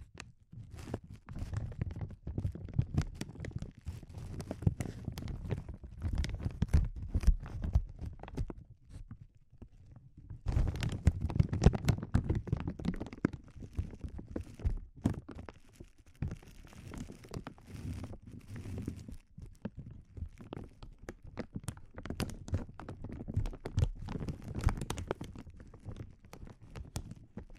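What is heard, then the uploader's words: Sensitive crinkles crackle in dense, irregular bursts with sharp clicks, briefly pausing near ten seconds before resuming busier, then thinning toward the end. ASMR Sensitive Crinkles (No Talking).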